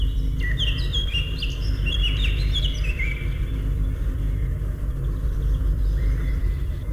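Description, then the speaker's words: Eurasian Blackcap song: a quick run of clear, fluty whistled notes stepping downward over about three seconds, then quiet, over a steady low rumble. In forest; described as one of the best forest songbirds. "Это песня Славки Черноголовки, одного из наших лучших лесных певцов."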